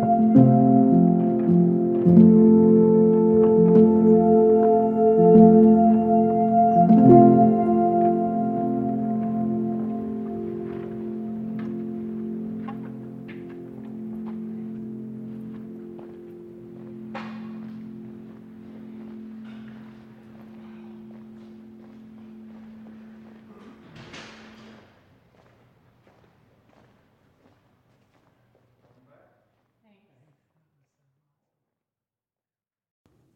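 At the Lettuce Lakes area of the bald cypress grove, a steady, low droning hum made of several layered tones slowly fades away over about 25 seconds. Light scattered clicks and taps sound throughout, sharper near 17 and 24 seconds, before near silence.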